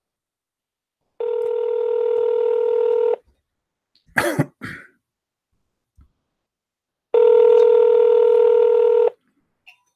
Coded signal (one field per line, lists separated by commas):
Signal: telephone call progress tone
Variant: North America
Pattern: ringback tone